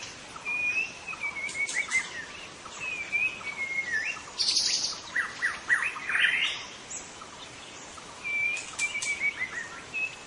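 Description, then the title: White-rumped shama song of drawn-out whistles and clusters of sharp high notes, phrases separated by brief pauses. Wild bird in forest; local name murai batu hutan. "Suara burung murai batu hutan"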